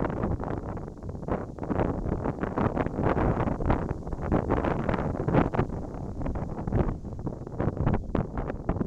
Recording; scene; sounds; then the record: everyday scene through a hearing-aid microphone; wind on the microphone; wind, whistling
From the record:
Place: in front of a rural house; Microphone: in the ear canal, right